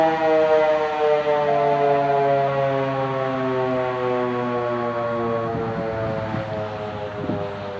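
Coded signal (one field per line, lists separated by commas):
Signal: siren signal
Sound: loud sustained droning siren tone with rich harmonics, slowly shifting pitch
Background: outdoor ambience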